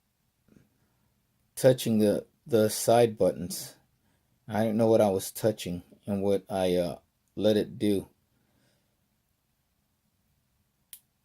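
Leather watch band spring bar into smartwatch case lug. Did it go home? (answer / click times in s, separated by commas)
yes / 10.9 s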